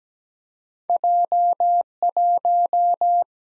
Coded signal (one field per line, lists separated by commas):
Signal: Morse code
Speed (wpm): 17 wpm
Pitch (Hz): 700 Hz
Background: none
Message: J 1